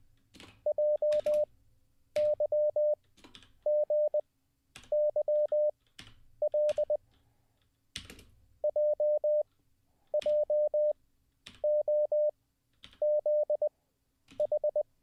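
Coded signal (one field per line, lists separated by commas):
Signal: Morse code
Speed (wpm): 20 wpm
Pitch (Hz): 600 Hz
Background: none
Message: JYGYL JJOZH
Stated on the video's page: Live Morse code learning session.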